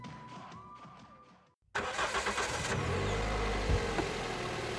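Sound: car engine starting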